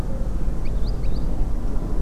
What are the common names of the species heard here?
Green Sandpiper